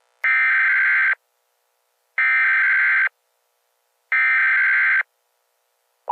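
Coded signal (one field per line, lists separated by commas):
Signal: Emergency Alert System (SAME) tones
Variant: header bursts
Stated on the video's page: Fictional scenario.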